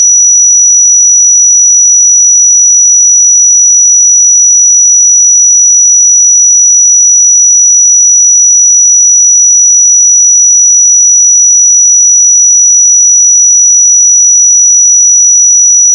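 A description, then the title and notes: A pure 5873 Hz sine tone holds perfectly steady and bright for the whole clip, unbroken and unchanging, with silence beneath it. 5873 Hz 1 Hz Interval Sine Pure Tone Frequency 441000 Sample Mono.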